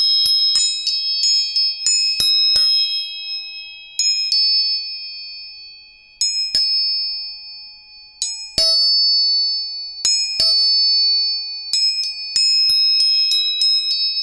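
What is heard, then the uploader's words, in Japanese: Tuning forks are struck again and again, each sharp metallic tap leaving a bright, sustained ring that slowly fades. The strikes come irregularly, sometimes in quick clusters, with several high pure tones overlapping in a quiet, close setting. 音叉チューニング全体性。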